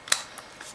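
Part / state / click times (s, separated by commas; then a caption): memory module into tablet memory slot / seated / 0.1 s, 0.4 s. A laptop memory module is pressed down into the memory slot of an HP TC1100 tablet until both side retaining clips latch. A sharp click is heard at 0.1 s and a softer one at 0.4 s, followed by a faint rustle around 0.6 s. The module is seated with both clips locked.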